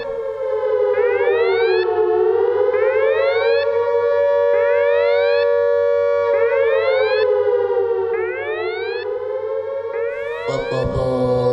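A loud, continuous alarm siren wails in slow rising and falling sweeps, with rhythmic upward chirping tones layered over it, then breaks off into a burst of noise at the end.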